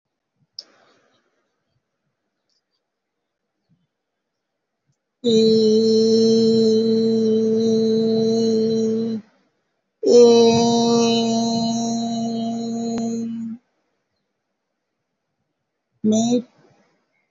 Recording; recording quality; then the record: sustained vowel as in made; excellent, no background noise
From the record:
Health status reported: healthy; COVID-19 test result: negative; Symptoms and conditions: cough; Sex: female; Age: 44 years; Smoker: not ticked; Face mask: not worn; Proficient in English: yes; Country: India